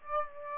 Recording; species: mosquito wingbeat signal from an infrared sensor; Aedes aegypti